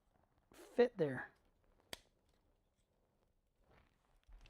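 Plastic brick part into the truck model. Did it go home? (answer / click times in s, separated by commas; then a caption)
yes / 1.9 s. Someone talks as a tight-fitting plastic LEGO brick part is pressed home on a toy truck model. A single sharp, bright click sounds at 1.9 s, and the part is seated, with a faint tap near the end.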